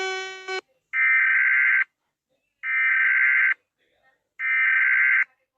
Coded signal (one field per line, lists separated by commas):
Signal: Emergency Alert System (SAME) tones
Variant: header bursts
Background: speech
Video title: Rating EAS Alarms part 5